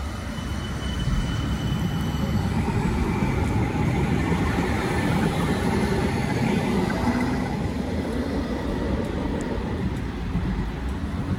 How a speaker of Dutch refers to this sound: Maar dit is de tram in Nieuwegein. En mijn kamer van mijn oude huis waar ik opgegroeid ben, die keek uit over de trambaan, zeg maar.